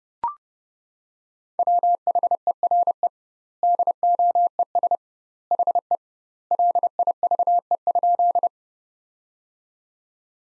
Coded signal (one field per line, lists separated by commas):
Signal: Morse code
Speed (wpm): 30 wpm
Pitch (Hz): 700 Hz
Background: none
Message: WHERE DOES HE LIVE?